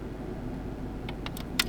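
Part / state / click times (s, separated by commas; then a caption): SIM card in router SIM slot / released / 1.6 s. A SIM card is pressed with fingernails into the spring-loaded push-push SIM slot of a Cudy P2 router. Over a low steady background hum, a few faint ticks at about 1.1, 1.3 and 1.4 seconds lead to a sharp, louder click at 1.6 seconds. That click is the mechanism releasing, and the card comes out of the slot.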